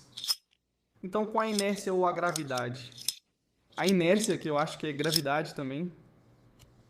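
A butterfly-style trainer knife is handled as it is about to be swung closed using inertia, with the latch on its handles meant to lock. A few brief clinks come at the start, then someone talks. Nothing has seated or clicked yet; the latch has not caught by the end of the clip.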